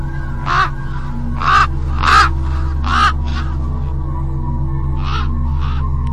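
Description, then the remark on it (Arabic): Crows caw repeatedly, harsh rasping calls coming in an uneven series of about seven, a tight cluster early on and two weaker caws near the end, over a steady low hum. “ومن التعبين للغربان، والغربان لها قصة طويلة وقصص كثيرة مع السحر والأذى وخصوصا برضو السحر الأسود.”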